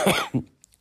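Two quick coughs in succession, the first longer and partly voiced, from an adult man with COVID-19 for three days, with a fever of 39 °C, body aches all over, shortness of breath and difficulty getting out of bed in the morning.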